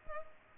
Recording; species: mosquito wingbeat signal from an infrared sensor; Culex pipiens